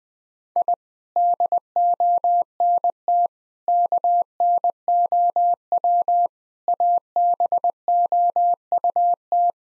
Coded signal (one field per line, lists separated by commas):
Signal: Morse code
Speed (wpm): 21 wpm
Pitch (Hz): 700 Hz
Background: none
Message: I DONT KNOW ABOUT